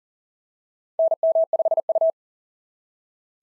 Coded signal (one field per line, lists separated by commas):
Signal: Morse code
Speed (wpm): 42 wpm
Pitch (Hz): 650 Hz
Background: none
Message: NM5U